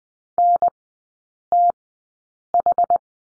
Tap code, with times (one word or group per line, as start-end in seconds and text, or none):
none